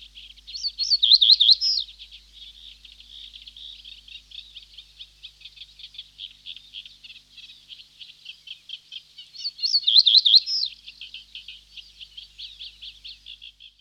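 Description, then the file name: Reed bunting repeating a short, high, jangling phrase twice, about nine seconds apart, over steady faint twittering and ticking. "Reed Bunting (Emberiza schoeniclus)"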